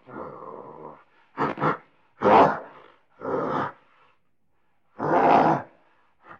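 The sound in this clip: Gorilla vocalizing: a breathy drawn-out groan followed by loud, harsh, rasping roar-like bursts and grunts at irregular intervals.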